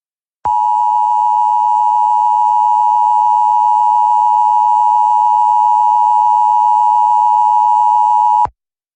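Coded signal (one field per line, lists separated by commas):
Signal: Emergency Alert System (SAME) tones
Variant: 853 and 960 Hz attention tone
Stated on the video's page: Several weekly tests.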